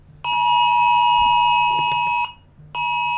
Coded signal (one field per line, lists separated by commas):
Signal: Emergency Alert System (SAME) tones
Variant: 853 and 960 Hz attention tone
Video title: EAS scenario: The Mourning Giant